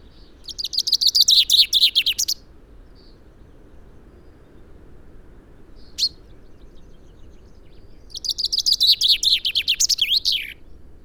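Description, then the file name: Common chaffinch song: two bright descending rattling phrases ending in a flourish, separated by a pause with a brief high note. "Fringilla coelebs"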